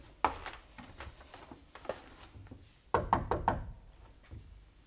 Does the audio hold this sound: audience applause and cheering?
no